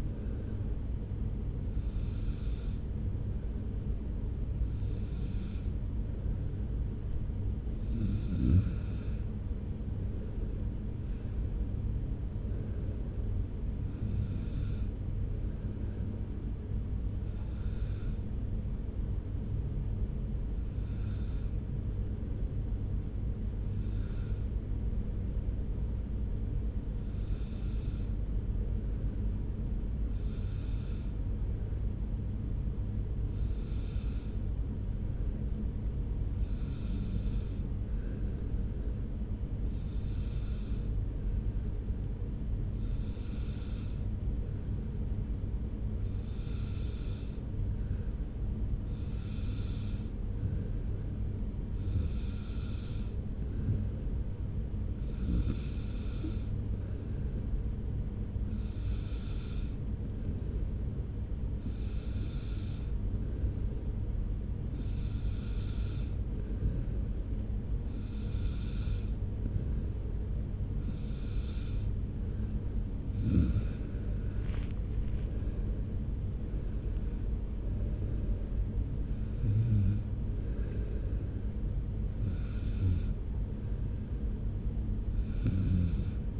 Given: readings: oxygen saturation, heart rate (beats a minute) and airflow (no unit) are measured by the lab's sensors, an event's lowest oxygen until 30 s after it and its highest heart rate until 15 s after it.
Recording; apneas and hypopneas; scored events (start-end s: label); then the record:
breathing in sleep by a smartphone at the bedside; 1
20.00-67.70 s: hypopnea (N1, oxygen 95% highest, then 92% lowest)
From the record:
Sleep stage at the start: N1 (lightest sleep); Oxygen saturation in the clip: 92 to 95%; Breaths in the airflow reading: 26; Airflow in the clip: -1.5 to 2.3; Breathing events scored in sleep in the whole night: 335 in 6.7 hours asleep